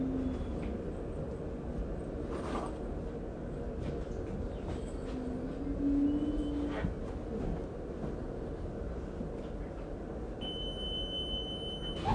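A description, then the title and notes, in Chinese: Ambience inside a busy railway station: a steady, dense low rumble of crowd and machinery fills the whole clip. A brief low hum swells near six seconds, scattered knocks punctuate it, and a high, steady beeping tone sounds from about ten seconds to the end. 台鐵北車（台北車站站）。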